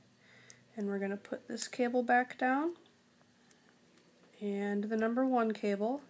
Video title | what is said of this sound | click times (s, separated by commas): How to replace vibrator assembly in iPhone 3G 3GS.m4v | snap back down that white clip and we're | 0.5 s